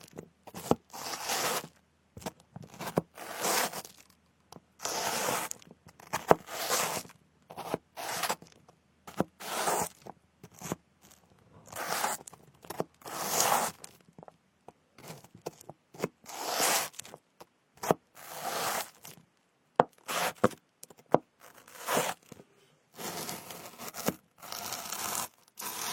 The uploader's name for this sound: cutting fruits and picking ears